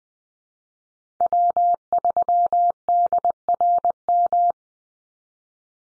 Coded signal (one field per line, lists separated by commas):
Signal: Morse code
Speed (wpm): 20 wpm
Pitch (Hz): 700 Hz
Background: none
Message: W3DRM